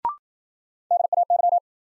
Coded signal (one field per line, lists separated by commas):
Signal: Morse code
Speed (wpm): 53 wpm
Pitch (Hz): 700 Hz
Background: none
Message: DAY